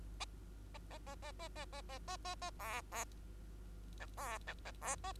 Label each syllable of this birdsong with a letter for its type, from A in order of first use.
A A A A A A A A A A A B B C B C C B A